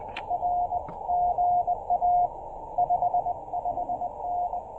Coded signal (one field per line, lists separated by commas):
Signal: Morse code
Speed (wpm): 20 wpm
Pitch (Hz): 700 Hz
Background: radio noise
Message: RGA 55N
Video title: Picnic Table POTA with the CHA MPAS Lite and CHA UCM